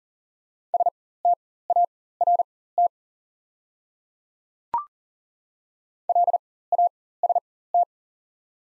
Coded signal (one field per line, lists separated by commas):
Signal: Morse code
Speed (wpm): 40 wpm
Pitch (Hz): 700 Hz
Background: none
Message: START LAST